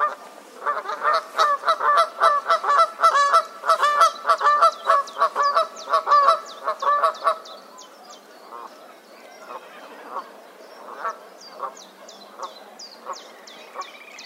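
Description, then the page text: Canada goose calls in a rapid, loud run of repeated honks for several seconds, then fainter scattered honks amid high chirps of small birds. "Herman van der Meer - Канадская казарка (Branta canadensis)"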